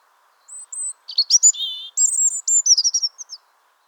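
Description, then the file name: European robin: a brief run of thin, high, sweet notes, twittering and warbling with quick pitch jumps for about three seconds, against a quiet background. "Erithacus rubecula"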